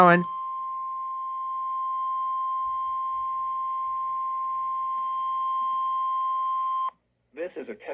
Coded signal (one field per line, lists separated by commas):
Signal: Emergency Alert System (SAME) tones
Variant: 1050 Hz attention tone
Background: speech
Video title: Week of 2026-04-05 EAS 772-782